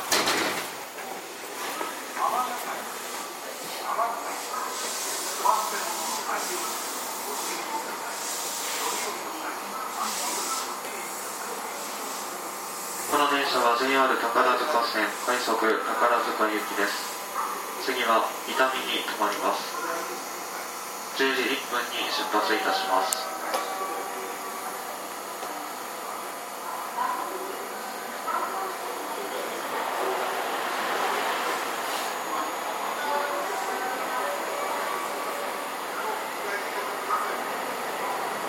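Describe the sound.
A JR 207 series train ride between Kyobashi and Tosu... rather, Takarazuka: a steady running hum fills the whole recording, with a sharp shift near 13 seconds. From about 13 to 24 seconds a voice, likely an onboard announcement, speaks over the noise, which swells again around 30 seconds.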